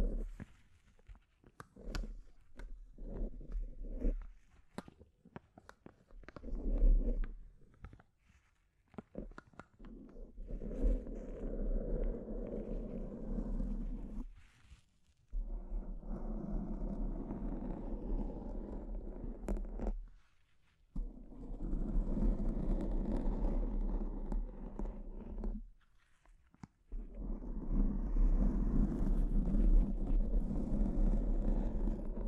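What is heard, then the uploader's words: Brain-scratch sounds with no talking: dull, rumbling scraping and rubbing that starts in choppy, broken bursts, then settles into longer steady stretches of several seconds each. Brief silent gaps separate them around 15, 20 and 26 seconds, with a low thumping underneath throughout. ASMR S E N S I T I V E Brain Scratch (No Talking).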